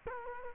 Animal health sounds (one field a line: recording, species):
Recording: mosquito wingbeat signal from an infrared sensor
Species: Culex quinquefasciatus